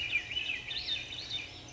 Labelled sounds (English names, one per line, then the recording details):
Swainson's Thrush
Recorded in Sonoma County, California